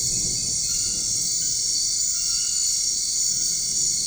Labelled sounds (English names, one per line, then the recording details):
none
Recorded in dense forest near Puerto Asís, Putumayo, Colombia, on 13 March 2025 at 21:30
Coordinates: 0.485, -76.318
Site G056